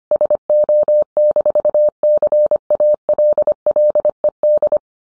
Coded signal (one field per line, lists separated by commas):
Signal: Morse code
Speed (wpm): 25 wpm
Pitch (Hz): 600 Hz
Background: none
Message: SO-CALLED